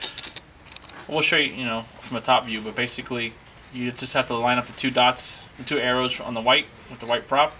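A plastic propeller is being lined up by its arrows with the quick-release motor mount of a DJI Inspire Pro camera drone, to be twisted on until it locks. Someone talks throughout, with a few brief light taps in the first second. Nothing has seated or clicked yet.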